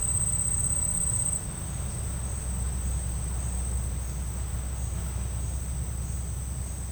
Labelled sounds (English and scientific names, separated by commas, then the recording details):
none
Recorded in secondary vegetation near Puerto Asís, Putumayo, Colombia, on 24 March 2025 at 10:30
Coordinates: 0.502, -76.326
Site G100